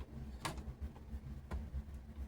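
A plastic LEGO roof section is pressed down onto a LEGO garden building model and snaps into place with a sharp click at 0.5 s. A softer tick follows at 1.5 s over a low steady hum, and the roof section is seated.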